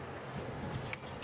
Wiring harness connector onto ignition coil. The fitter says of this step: Pag narinig nyo yung click, okay na po yun.